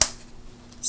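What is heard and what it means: Two cardboard locking tabs are pushed into the slots of a folded paper gift box and snap into place with a single sharp, loud hit at 0.0 s. The snap fades quickly into near silence, with only a faint tick near 0.7 s and a brief bright hiss at the end. The tabs are seated.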